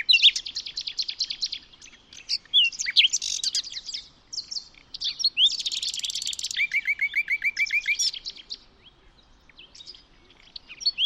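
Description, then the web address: Bird singing dense, rapid twittering phrases packed with high chirps, a buzzy rattle and a neat run of repeated descending notes. "birddata Deverinetal 2025 Bird Only Lu Me"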